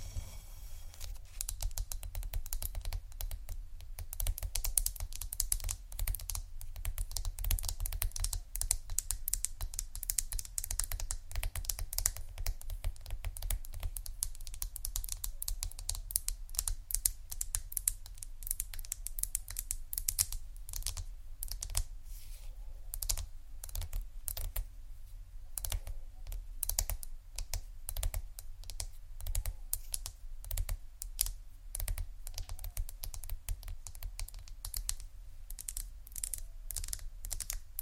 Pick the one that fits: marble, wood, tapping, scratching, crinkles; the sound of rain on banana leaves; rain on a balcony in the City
marble, wood, tapping, scratching, crinkles